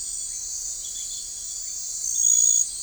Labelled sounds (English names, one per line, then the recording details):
none
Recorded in forest near Pivijay, Magdalena, Colombia, on 1 June 2023 at 02:30
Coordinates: 10.467, -74.380
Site Z5-G034